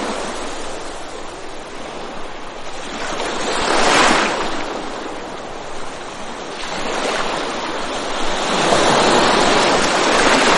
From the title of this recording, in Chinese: 海浪扑打在平缓的沙滩上－略急促